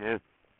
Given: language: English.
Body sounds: throat vibration sensor signal played as sound; speech

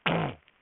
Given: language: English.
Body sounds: throat vibration sensor signal played as sound; throat clearing

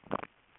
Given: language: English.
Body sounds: throat vibration sensor signal played as sound; swallow

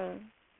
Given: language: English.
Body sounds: throat vibration sensor signal played as sound; speech

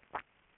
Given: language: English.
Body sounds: throat vibration sensor signal played as sound; swallow

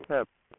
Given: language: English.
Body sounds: throat vibration sensor signal played as sound; speech

